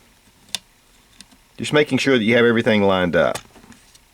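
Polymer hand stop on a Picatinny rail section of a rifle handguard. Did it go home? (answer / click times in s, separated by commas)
no / none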